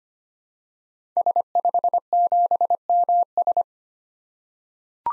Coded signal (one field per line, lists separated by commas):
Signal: Morse code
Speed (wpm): 25 wpm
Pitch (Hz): 700 Hz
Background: none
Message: S57MS